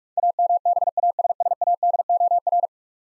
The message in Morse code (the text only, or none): AMBASSADOR